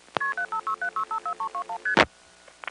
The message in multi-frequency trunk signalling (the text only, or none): KP7567654321ST